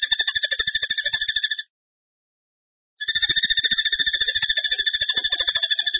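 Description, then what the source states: Bird giving a fast, metallic, evenly repeated trill that stops for over a second of silence, then starts again at the same rapid pace. Masteran training recording in the tembakan gacor style.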